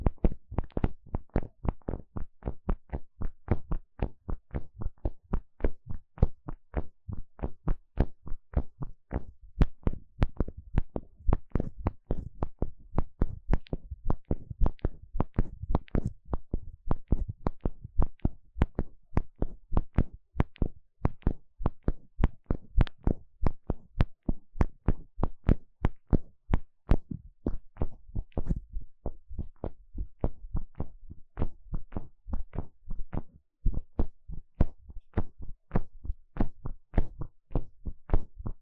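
Scratching and tapping right against the eardrum, a dense run of sharp, dry clicks and knocks. The taps come several per second in an uneven, jittery pattern, some hitting harder and brighter than others, continuing without pause for the whole stretch.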